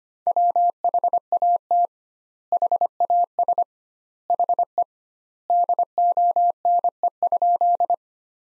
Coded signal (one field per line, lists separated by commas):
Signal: Morse code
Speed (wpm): 25 wpm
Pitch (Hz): 700 Hz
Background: none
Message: WHAT HAS HE DONE?